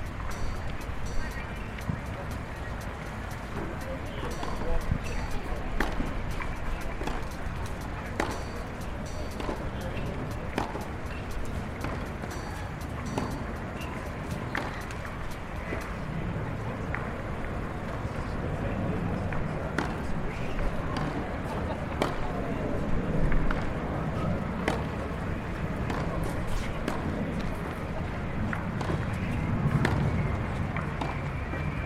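Crowd chatter at the US Open tennis tournament in New York, a steady murmur of voices with frequent sharp clicks and knocks throughout.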